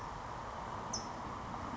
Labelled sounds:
California Towhee (Melozone crissalis)
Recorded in Sonoma County, California

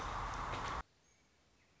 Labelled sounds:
American Robin (Turdus migratorius)
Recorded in Sonoma County, California

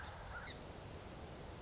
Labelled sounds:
Song Sparrow (Melospiza melodia)
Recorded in Sonoma County, California

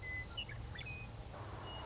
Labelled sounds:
Western Meadowlark (Sturnella neglecta)
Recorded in Sonoma County, California

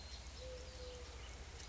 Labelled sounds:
Eurasian Collared Dove (Streptopelia decaocto)
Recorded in Sonoma County, California

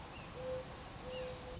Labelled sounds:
Mourning Dove (Zenaida macroura)
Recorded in Sonoma County, California

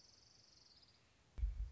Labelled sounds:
Orange-crowned Warbler (Leiothlypis celata)
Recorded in Sonoma County, California

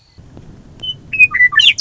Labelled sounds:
Western Meadowlark (Sturnella neglecta)
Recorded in Sonoma County, California

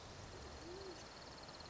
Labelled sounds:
Band-tailed Pigeon (Patagioenas fasciata)
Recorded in Sonoma County, California

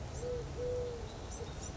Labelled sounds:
Eurasian Collared Dove (Streptopelia decaocto)
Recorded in Sonoma County, California

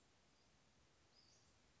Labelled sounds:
Western Flycatcher (Empidonax difficilis)
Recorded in Sonoma County, California

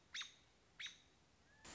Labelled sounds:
American Robin (Turdus migratorius)
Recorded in Sonoma County, California

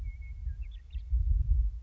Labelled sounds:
Western Meadowlark (Sturnella neglecta)
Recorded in Sonoma County, California

